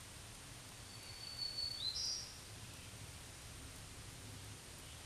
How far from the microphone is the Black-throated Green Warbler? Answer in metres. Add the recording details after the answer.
about 30 m. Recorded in a Pennsylvania forest on 1 June 2023 at 08:45. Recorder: AudioMoth, point grid3_40_low. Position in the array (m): 166 m, 241 m